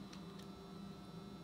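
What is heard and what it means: A metal master link clip is pressed onto the link pins of a Monster Moto 80 minibike drive chain with a tool, being refitted after it wiggled off. A steady low hum runs throughout, with faint brief ticks near 0.1 s and 0.4 s. The clip has not snapped home yet; nothing has seated or clicked.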